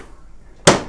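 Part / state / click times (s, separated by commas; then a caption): front cover latch on split AC indoor unit / seated / 0.7 s. The plastic front cover of a split AC indoor unit is pressed firmly on its second side until the latch catches. After near silence, a single sharp snap sounds at 0.7 s and quickly fades. The cover is now fully locked in place.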